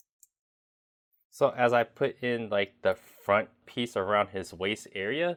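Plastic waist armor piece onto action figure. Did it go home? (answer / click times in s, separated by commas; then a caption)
no / none. A plastic front waist armor piece is pushed onto its hole around the waist area of an action figure while someone talks through most of the clip. Apart from one faint tick at 0.2 s, there is no distinct snap, and the piece has not audibly seated or clicked yet.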